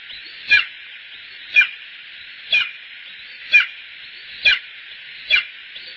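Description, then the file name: Bonelli's eagle calling: six sharp, high yelping notes repeated about once a second over a steady hissing background. "aigle de bonelli"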